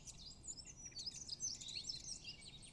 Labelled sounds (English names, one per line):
Eurasian Blackcap